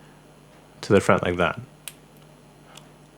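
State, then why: Seated. A keyboard stabilizer wire end is clipped into the front of the plastic stabilizer housing while someone talks. A sharp click at 1.9 s shows the wire has seated in the housing, and a fainter tick follows at 2.8 s.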